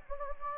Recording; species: mosquito wingbeat signal from an infrared sensor; Anopheles gambiae